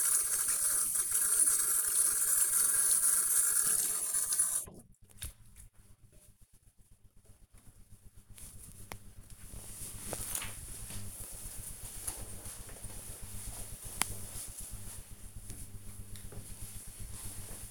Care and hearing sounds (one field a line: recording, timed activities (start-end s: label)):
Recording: household activities, microphone on the right wrist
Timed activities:
0.00-7.32 s: washing hands